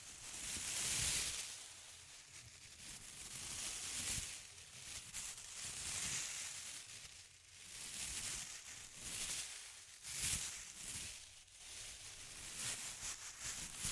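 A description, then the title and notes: Intense close-up crinkling, a dense crackly rustle that swells and eases in waves every couple of seconds. The sound is bright and hissy, with louder bursts near 1, 6 and 10 seconds and a faint low rumble underneath throughout. ASMR Intense Close-Up Crinkles (No Talking).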